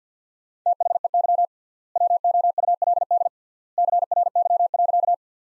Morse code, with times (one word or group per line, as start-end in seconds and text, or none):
0.7-1.4 THEY
2.0-3.3 WOULD
3.8-5.1 CRY.